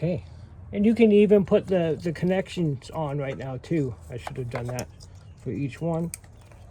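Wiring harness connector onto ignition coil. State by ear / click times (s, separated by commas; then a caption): not seated / none. A plastic wiring harness connector is handled at an ignition coil while replacing the ignition coils and spark plugs on a 2013 Honda Civic, and someone talks throughout. Only faint handling noises are heard under the talk, and the connector has not seated or clicked yet.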